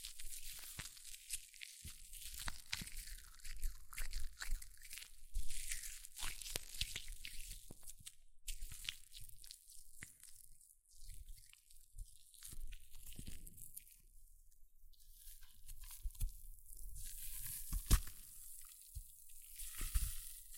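Hair mousse fizzes and crackles in a dense, continuous hiss of tiny pops, bright and high, with many small crisp snaps scattered throughout. The crackle swells and thins unevenly, and a few sharper clicks stand out, one near eighteen seconds.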